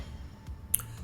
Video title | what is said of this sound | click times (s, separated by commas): Flat Metal Ceiling Systems - METALWORKS RH200 Installation - ARMSTRONG CEILINGS | it shifts and it pushes up and locks into place | 0.8 s